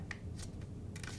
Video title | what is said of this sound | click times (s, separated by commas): The 616 Buck Ops Boot Knife Demonstration from Buck Knives | this snaps into place and goes onto your belt with a clip right here it has additional little | 0.1 s